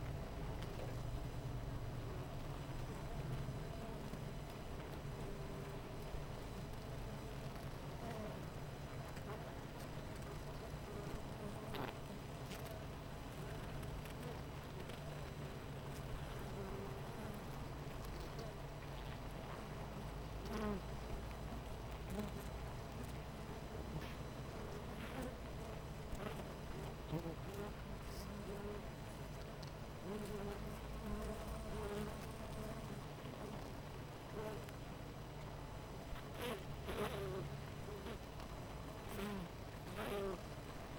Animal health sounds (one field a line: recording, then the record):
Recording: honeybee colony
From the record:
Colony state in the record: missing queen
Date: 14 July 2017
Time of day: 7:56